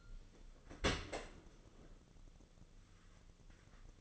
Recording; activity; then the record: daily activity, microphone in the room; open dishwasher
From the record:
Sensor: 4